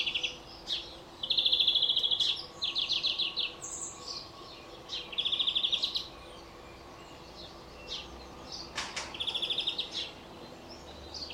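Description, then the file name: European greenfinch giving rapid, rattling trills of about a second each, four bursts spaced irregularly, with scattered short chirps between them. "Chloris chloris"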